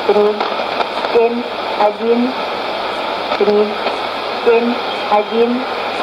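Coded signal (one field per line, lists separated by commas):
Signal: numbers station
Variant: S06s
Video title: 10 08 2015 Numbers Station S06s 0832 on 8221 CUSB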